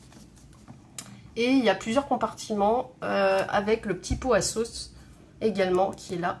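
A plastic handle clip on the lid of a plastic lunch box snaps shut with a sharp click at 0.9 s, after a few faint handling taps. Then someone talks. The clip is latched closed.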